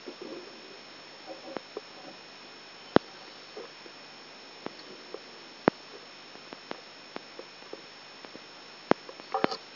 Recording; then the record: brain microelectrode recording played as sound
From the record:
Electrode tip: outside the subthalamic nucleus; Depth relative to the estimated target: -8 mm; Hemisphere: left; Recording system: AlphaMap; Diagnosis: Parkinson's disease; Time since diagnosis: 14 years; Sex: male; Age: 66 years